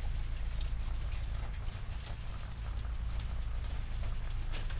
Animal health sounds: poultry house recording; sick chickens (respiratory disease)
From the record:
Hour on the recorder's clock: 20

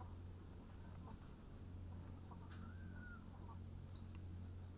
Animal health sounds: poultry house recording; sick chickens (respiratory disease)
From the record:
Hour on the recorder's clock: 14

